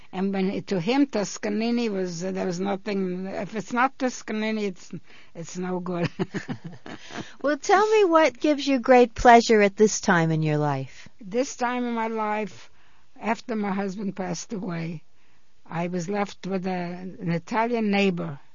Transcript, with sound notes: And to him Toscanini was, there was nothing, if it's not Toscanini it's-- it's no good. (they laugh)
Well, tell me what gives you great pleasure at this time in your life?
This time in my life, after my husband passed away, I was left with a, an Italian neighbor.